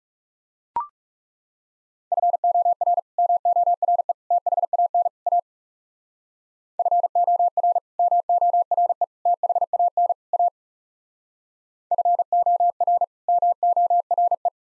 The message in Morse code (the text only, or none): FOR MORE THAN A FOR MORE THAN A FOR MORE